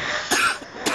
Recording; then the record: coughing mixed with background sound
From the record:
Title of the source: 64 coughing, allergies, singing lungs